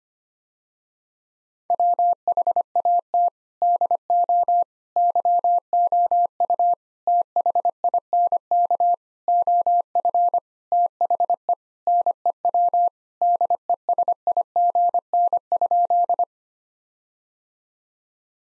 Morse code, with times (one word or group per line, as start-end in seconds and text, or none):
1.7-3.3 WHAT
3.6-4.6 DO
5.0-6.7 YOU
7.1-8.9 THINK
9.3-10.4 OF
10.7-11.5 THE
11.9-12.9 NEW
13.2-16.2 DESIGN?